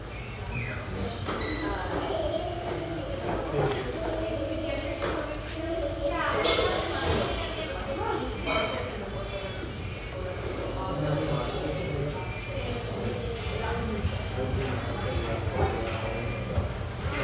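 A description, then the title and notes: Busy coffee shop chatter: many overlapping voices talk steadily throughout, with a low constant hum underneath. Scattered clinks and clatters of cups and dishes pop out every few seconds, including a sharper burst around six to seven seconds. Family-oriented, high-ceilinged java joint near Portland's Willamette riverfront.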